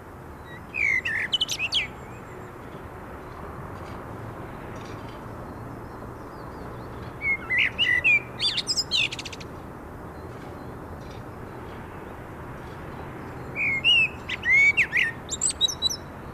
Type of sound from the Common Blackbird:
song